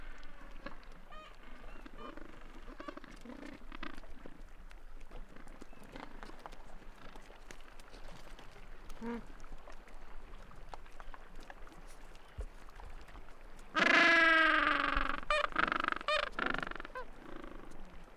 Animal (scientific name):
Pygoscelis papua